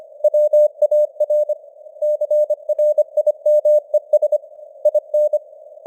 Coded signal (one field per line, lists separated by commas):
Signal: Morse code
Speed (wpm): 25 wpm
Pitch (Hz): 600 Hz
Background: none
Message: WAR CRIMES IN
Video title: Morse Code News | 2025-12-01 | 25wpm